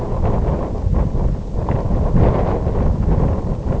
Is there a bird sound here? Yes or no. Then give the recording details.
no. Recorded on Arctic tundra, site IGLO-F, on 19 June 2018. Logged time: 00:00